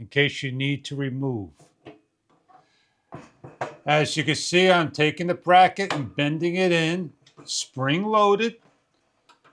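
Someone talks while squeezing the spring-loaded metal bracket arms of a Shinic 1500W/750W electric garage heater inward, getting it ready to push up onto its wall/ceiling mount. Only a few faint handling knocks are heard between the speech. The heater mounting bracket has not snapped into place yet, and nothing has seated or clicked.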